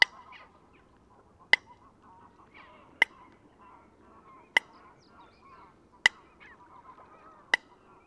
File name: Eurasian-Coot- -Fulica-atra